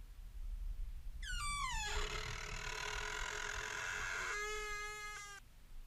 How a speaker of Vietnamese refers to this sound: Ngay lúc ấy, cánh cửa từ từ mở ra.